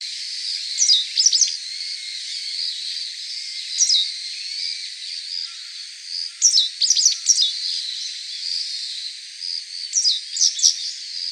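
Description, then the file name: Japanese wagtail calls: repeated groups of thin, downslurred chirps throughout, set against a continuous high buzzing drone. "segurosekirei"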